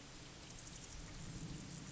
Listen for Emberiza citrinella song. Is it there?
no